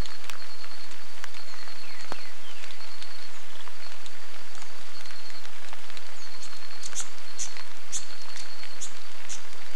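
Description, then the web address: Hyacinth visorbearer calls: a late series of about five thin, high chips spaced roughly half a second apart, with a constant insect hum and rain-like ticking throughout. "sound Hyacinth-visorbearer. صدای-پرنده-آفتابگیر-سنبلی"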